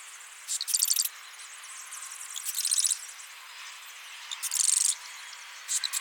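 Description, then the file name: Marsh wren repeating brief, dry, very high chattering trills, four bursts at fairly even intervals. "Cistothorus palustris - Marsh Wren"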